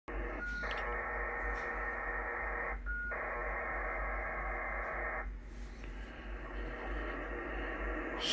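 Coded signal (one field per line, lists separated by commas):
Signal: HF data modem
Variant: HFDL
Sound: bursts of dense, even hiss-like data roar separated by short gaps, over radio noise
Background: radio static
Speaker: so this on 11387 is a frequency for a aircraft or aeronautical frequency for hfdl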